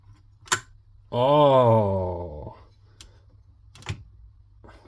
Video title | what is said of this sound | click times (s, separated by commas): The Coolest LCD of any Cassette Deck - Pioneer CT447 Repair / Service | no needs a bit of a push listen for the click | 0.5 s